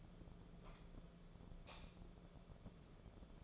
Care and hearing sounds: daily activity, microphone in the room; light on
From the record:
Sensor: 5

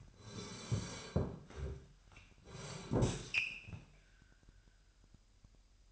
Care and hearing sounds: daily activity, microphone in the room; sit down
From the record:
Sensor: 2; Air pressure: 998.4 hPa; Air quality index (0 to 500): 126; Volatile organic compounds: 3 ppm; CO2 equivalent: 1436 ppm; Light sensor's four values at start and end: 6/14/6/6 and 7/16/6/7

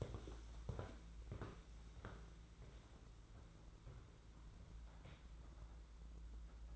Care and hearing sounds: daily activity, microphone in the room; walk to room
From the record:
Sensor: 3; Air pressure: 992.0 hPa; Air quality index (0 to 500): 227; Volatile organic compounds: 1000 ppm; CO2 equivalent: 7829 ppm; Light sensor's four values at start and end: 15/44/17/15 and 25/75/31/26

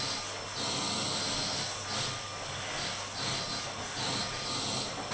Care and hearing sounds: daily activity, microphone in the room; vacuum cleaning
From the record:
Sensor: 4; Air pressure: 989.5 hPa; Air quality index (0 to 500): 216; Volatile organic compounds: 67 ppm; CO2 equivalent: 3493 ppm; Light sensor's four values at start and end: 26/91/33/35 and 26/90/33/35

